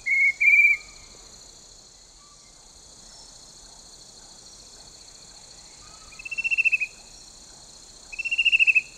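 Chestnut-breasted cuckoo with two short whistles, then after a long pause two finely pulsed trills, against a constant high-pitched insect hum.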